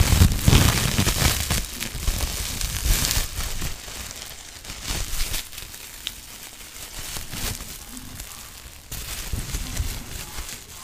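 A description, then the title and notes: Dense crinkling and crackling of plastic, with bubble wrap handled. It is loudest and busiest in the first three seconds, then settles into a softer, steady rustle with scattered small pops and sharp ticks throughout. Brain massage (bubble wrap, crinkle sounds, no talking).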